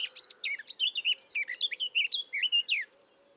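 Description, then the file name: Eurasian blackcap singing one brisk phrase of about three seconds, many quick chirps tumbling up and down, then silence. "Sylvia atricapilla"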